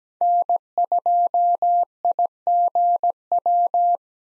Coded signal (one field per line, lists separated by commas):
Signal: Morse code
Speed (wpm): 17 wpm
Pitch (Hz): 700 Hz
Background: none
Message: N2IGW